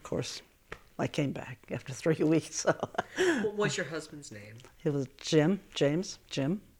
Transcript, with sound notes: And of course I came back after three weeks, so. (she laughs) What was your husband's name. It was Jim. James. Jim.